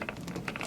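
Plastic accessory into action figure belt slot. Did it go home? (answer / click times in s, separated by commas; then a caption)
no / none. A small plastic accessory is pressed into a storage slot on an action figure's belt, giving a quick run of light plastic taps and scrapes. It does not snap into place, and nothing has clicked or locked yet.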